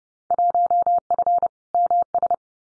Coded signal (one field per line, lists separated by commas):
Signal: Morse code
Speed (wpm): 30 wpm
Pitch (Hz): 700 Hz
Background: none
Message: 1F MS